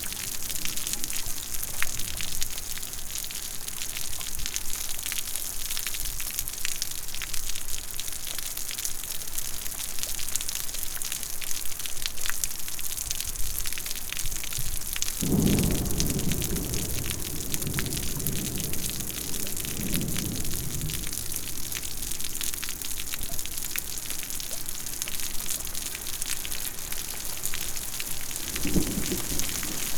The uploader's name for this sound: Soaking Wet Day on the Porch